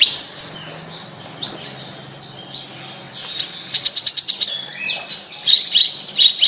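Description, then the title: Bird song of high, slurred whistles and short chirps, quieter at first, then bright clusters of rapid ticking notes. "Kicau Burung Yoi"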